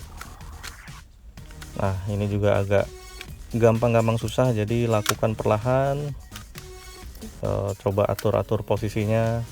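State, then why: Not seated. Someone talks over music while a few soft plastic taps appear near 1.4–1.6 s; nothing snaps shut.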